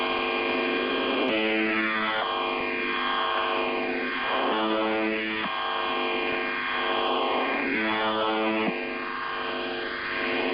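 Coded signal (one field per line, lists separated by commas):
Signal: channel marker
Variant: UVB-76 (The Buzzer)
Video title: [Old Recording] The Buzzer/UVB-76 Weird Sound Transmission 01/07/2023 16:11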